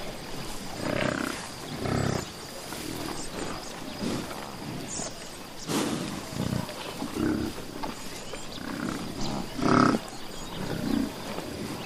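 Buffalo giving deep grunting bellows, short low calls repeated irregularly throughout over a steady rumbling, hissy background with a faint high tone.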